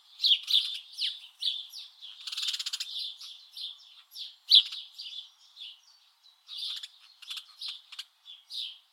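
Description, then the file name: House sparrow chirps, a busy run of short harsh notes around the upper-middle register, with a rapid rattling burst near the middle and irregular pauses. "Passer domesticus"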